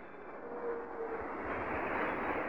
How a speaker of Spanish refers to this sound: ¡Aplauso fuerte!